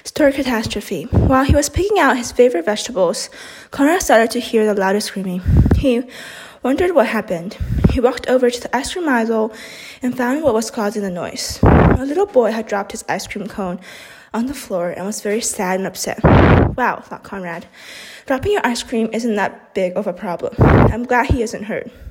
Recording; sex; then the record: reading aloud after running; female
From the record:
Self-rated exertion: vigorous exertion (4 of 6); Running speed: 6 miles an hour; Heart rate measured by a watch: 95 beats a minute at the start, 158 at the end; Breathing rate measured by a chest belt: 18 breaths a minute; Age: 18 years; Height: 171 cm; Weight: 75 kg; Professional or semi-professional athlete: no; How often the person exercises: 1 to 2 times a week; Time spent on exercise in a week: under 1 hour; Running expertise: no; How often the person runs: 1 to 2 times a week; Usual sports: running, fencing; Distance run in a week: 3 km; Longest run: 21.3 km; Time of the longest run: 190 minutes